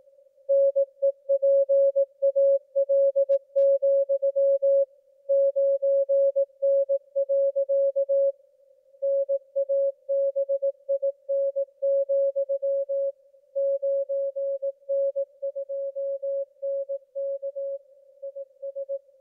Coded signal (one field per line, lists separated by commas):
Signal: Morse code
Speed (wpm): 18 wpm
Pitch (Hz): 550 Hz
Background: music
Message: NEPAL, 9N. NABIN, 9N2NK IS